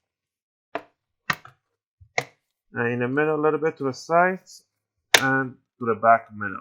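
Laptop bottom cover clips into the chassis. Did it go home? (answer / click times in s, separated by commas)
yes / 0.8 s, 1.3 s, 2.2 s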